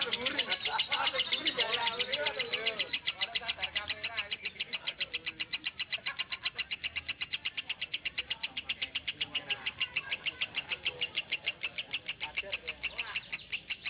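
Lovebird chatter: a dense stream of shrill, rapid chirps, about four notes per second, continuing steadily throughout with little pause.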